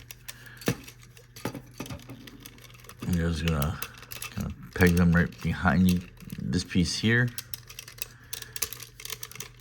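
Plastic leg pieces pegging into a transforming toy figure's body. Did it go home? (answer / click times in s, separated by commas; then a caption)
yes / 8.6 s. Someone talks while handling a transforming toy figure, with small plastic clicks and taps throughout as its plastic leg pieces are pegged in behind the body and pressed. The legs pop into place with a sharp snap at 8.6 s.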